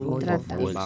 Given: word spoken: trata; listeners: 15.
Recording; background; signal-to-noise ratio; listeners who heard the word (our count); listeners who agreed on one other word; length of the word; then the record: one Spanish word in noise, from a listening test; four-talker babble; -1.1 dB; 3 of 15; 6 of 15; 0.46 s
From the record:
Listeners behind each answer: 6, 3, 3, 2, 1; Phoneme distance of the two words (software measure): 21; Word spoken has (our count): 2 syllables, 5 phonemes, stress on syllable 1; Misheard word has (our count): 3 syllables, 8 phonemes, stress on syllable 2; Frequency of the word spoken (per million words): 234.29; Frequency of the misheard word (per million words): 2.59